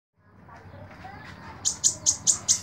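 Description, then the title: Small bird giving five bright, high chirps in quick succession, spaced evenly about a fifth of a second apart, over a soft background hum. "Burung Kecil"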